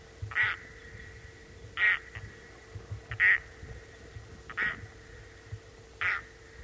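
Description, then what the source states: Loon kark calls, short hoarse barks repeated roughly every one and a half seconds, fairly evenly spaced, over a soft steady hum. Kark call, recorded for loon research.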